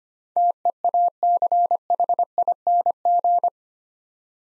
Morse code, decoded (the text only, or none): TEACHING